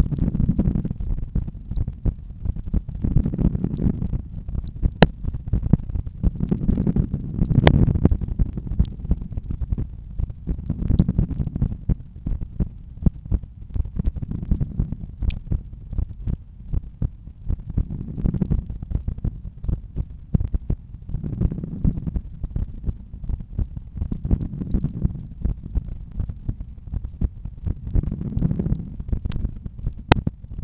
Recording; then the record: heart sounds by stethoscope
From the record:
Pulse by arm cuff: 81 bpm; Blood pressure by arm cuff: 127/81 mmHg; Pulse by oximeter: 81 bpm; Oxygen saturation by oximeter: 97%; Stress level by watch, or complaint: low stress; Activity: after 1 min smoking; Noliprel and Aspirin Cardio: after pills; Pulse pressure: 46 mmHg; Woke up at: 6:55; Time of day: 21:24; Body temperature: 37.2 C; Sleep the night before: 7 h 39 min, score 71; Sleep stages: REM 24%, light 64%, deep 5%, awake 7%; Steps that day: 12000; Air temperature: 20 C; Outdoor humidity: 79%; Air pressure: 1008 hPa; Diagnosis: hypertension, treated with Noliprel and Aspirin Cardio 100 mg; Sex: male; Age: 53 years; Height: 174 cm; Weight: 81 kg